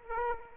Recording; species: mosquito wingbeat signal from an infrared sensor; Aedes aegypti